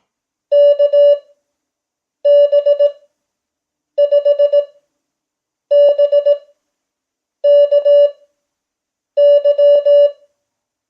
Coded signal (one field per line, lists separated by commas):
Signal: Morse code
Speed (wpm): 18 wpm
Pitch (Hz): 580 Hz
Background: none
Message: KB5BKY